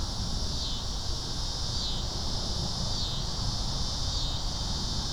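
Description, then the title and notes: Cicada drone, a shrill high buzz swelling and dipping about once a second, over a low rumbling background. "Insect sounds: Cicadas."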